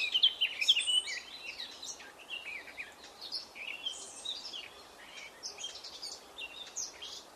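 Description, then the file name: Eurasian blackcap song opening with a loud burst of clear whistled notes, then softer rapid warbling and chatter amid background hiss. "Sylvia atricapilla"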